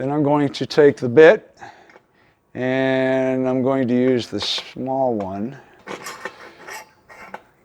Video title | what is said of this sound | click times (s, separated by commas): How to Remove a Coleman Check Valve From a Lamp, Lantern or Stove, and Three Ways to Do It | Get it down in there, and hear that click, she locked in place. | 7.3 s